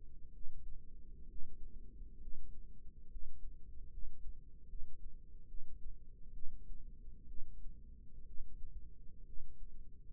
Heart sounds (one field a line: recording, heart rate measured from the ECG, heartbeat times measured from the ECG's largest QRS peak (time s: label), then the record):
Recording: heart sounds by microphone in the left ear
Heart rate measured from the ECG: 67 bpm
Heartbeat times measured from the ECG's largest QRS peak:
0.31 s: heartbeat
1.26 s: heartbeat
2.18 s: heartbeat
3.08 s: heartbeat
3.89 s: heartbeat
4.66 s: heartbeat
5.46 s: heartbeat
6.31 s: heartbeat
7.26 s: heartbeat
8.24 s: heartbeat
9.23 s: heartbeat
From the record:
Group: healthy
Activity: rest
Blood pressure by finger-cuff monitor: 142/67 mmHg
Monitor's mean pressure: 90 mmHg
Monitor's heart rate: 63 bpm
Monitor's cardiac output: 6.2 L/min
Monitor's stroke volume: 102 mL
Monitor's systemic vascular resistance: 1060 dyn s/cm5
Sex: female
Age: 37 years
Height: 168 cm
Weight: 70 kg